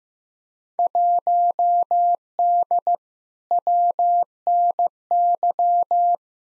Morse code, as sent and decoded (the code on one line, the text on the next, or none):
.---- -.. / .-- -. -.--
1D WNY